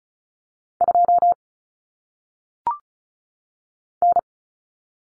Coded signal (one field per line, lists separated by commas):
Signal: Morse code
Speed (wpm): 34 wpm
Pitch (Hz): 700 Hz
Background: none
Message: 2 N